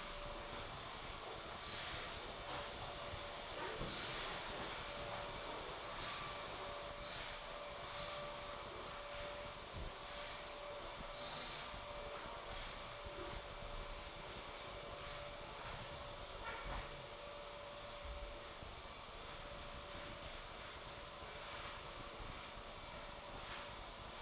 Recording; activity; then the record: daily activity, microphone in the room; vacuum cleaning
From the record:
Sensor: 5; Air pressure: 1012.0 hPa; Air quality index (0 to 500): 247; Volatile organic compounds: 5 ppm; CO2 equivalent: 1706 ppm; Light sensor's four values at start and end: 36/83/34/35 and 35/81/33/33